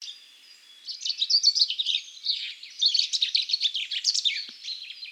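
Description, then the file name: Common chaffinch giving dense, quick high twittering that runs almost continuously, rising and falling in loudness. "Fringilla coelebs"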